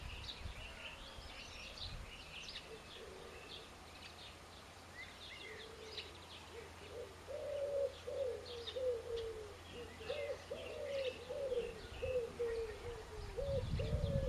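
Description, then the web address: Birds calling, with a run of repeated mid-pitched slurred notes in the second half, high chirps above, and low rumbling noise underneath. "cianscape."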